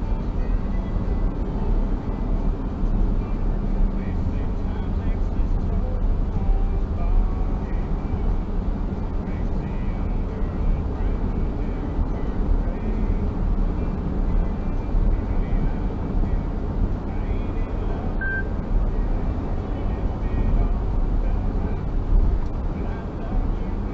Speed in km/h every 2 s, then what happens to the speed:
72, 74, 76, 78, 79, 80, 80, 81, 82, 82, 82, 81.
0-10 speeds up to 80. 10-24 steady at about 81.